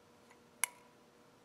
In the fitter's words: clip a little white guide is gonna pop back and listen did you hear it click